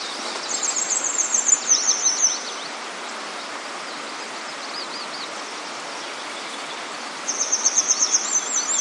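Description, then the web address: Grey wagtail calls: quick runs of sharp, very high ticking notes in two bursts, with faint chirps and steady hiss between them. "gray wagtail wagtail call"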